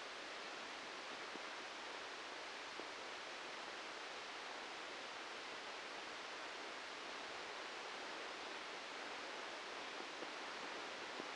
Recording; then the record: brain microelectrode recording played as sound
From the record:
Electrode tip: outside the subthalamic nucleus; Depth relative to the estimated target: 2 mm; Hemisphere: left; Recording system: NeuroSet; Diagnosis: Parkinson's disease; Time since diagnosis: 13 years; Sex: male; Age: 63 years